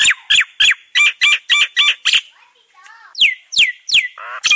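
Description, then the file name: Nias hill myna giving quick repeated ringing whistles, then a brief pause and several loud down-slurred whistled notes with a low grating sound between them. Full fill-in song, used for training other songbirds. "Suara Burung Jalak nias full isian"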